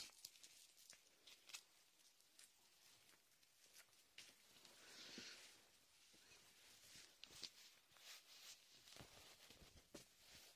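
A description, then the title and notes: Latex-gloved hands massage an ear with shaving foam, making crisp, bright crackles and squelchy rubbing that come in quick, irregular bursts. Sharp clicks and pops stand out throughout, with a longer hissing smear of foam around the middle. No low sounds underneath. Latex ear massage with shaving foam for comfort.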